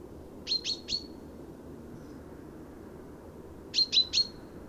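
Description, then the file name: Common chaffinch calls: two bursts of three sharp, high, clipped notes, one near the start and one near the end, over a low steady background hum. "Fringilla coelebs"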